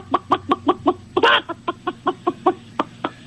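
chicken clucking

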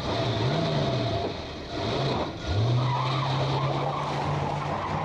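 car driving away

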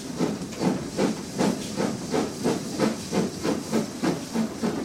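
steam train hissing

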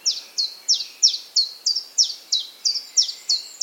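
common chiffchaff song

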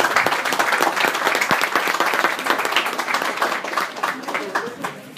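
audience applause

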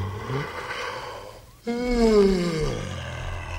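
yawn

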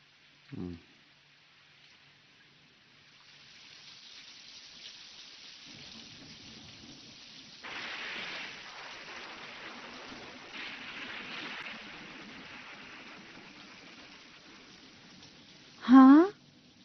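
rain falling

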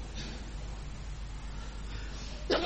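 sneeze

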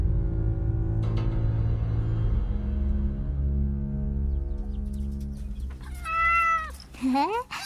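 cat meowing

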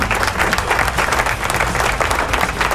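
applause

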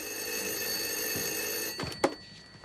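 telephone ringing

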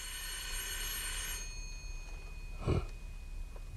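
doorbell ringing

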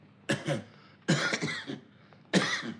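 man coughing

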